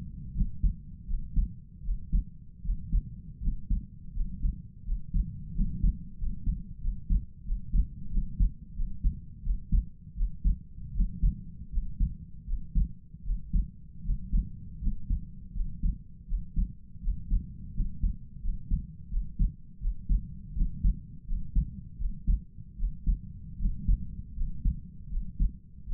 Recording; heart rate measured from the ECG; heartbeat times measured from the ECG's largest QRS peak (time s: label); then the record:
heart sounds by stethoscope; 82 bpm
0.33 s: heartbeat
1.05 s: heartbeat
1.82 s: heartbeat
2.61 s: heartbeat
3.40 s: heartbeat
4.12 s: heartbeat
4.83 s: heartbeat
5.52 s: heartbeat
6.16 s: heartbeat
6.79 s: heartbeat
7.43 s: heartbeat
8.10 s: heartbeat
8.74 s: heartbeat
9.42 s: heartbeat
10.14 s: heartbeat
10.92 s: heartbeat
11.69 s: heartbeat
12.44 s: heartbeat
13.22 s: heartbeat
14.02 s: heartbeat
14.79 s: heartbeat
15.52 s: heartbeat
16.25 s: heartbeat
17.00 s: heartbeat
17.72 s: heartbeat
18.40 s: heartbeat
19.08 s: heartbeat
19.78 s: heartbeat
20.53 s: heartbeat
21.25 s: heartbeat
21.96 s: heartbeat
22.76 s: heartbeat
23.57 s: heartbeat
24.34 s: heartbeat
25.08 s: heartbeat
25.84 s: heartbeat
From the record:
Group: healthy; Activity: rest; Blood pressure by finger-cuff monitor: 89/62 mmHg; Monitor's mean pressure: 69 mmHg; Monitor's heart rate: 80 bpm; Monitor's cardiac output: 5.1 L/min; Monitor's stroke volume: 64 mL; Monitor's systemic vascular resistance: 980 dyn s/cm5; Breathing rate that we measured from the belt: 20 breaths a minute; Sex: male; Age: 22 years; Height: 181 cm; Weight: 60 kg